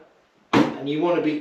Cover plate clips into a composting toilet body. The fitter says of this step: making sure you hear those clicks that will then sit up like that